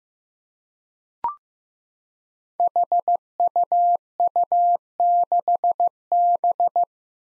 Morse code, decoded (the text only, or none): HUU6B